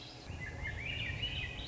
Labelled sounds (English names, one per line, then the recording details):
Swainson's Thrush
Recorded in Sonoma County, California